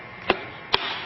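The fragile plastic lid of a Strongr JS-T808B jump starter's carry case is lined up with the case and pressed shut. Two sharp clicks come at 0.3 s and 0.7 s over a low background. The lid snaps into place and is seated.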